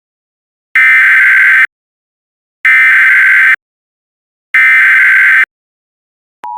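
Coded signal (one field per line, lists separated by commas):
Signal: Emergency Alert System (SAME) tones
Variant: header bursts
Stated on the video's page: Fictional EAS scenario audio drama.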